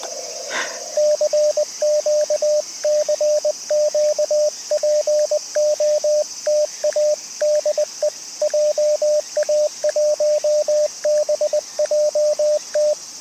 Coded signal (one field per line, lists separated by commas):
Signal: Morse code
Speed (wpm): 20 wpm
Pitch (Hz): 600 Hz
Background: radio noise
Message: CQ CQ POTA DE JA1BJT